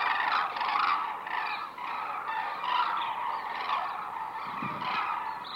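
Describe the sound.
White-naped crane calls, a continuous series of hoarse honking notes over a steady background hiss.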